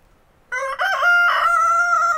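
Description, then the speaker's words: Chicken: rooster crowing: a loud, harmonic cock-a-doodle-doo that starts with two short stuttering notes and then holds a long, level drawn-out note. White rooster crowing in the morning at an alp hut, Val Gronda, Graubünden, Switzerland, when everyone is already awake; rainy and cold. "Der Hahn kräht vergeblich."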